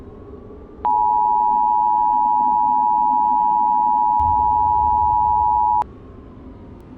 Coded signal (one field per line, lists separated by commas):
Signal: Emergency Alert System (SAME) tones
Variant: 853 and 960 Hz attention tone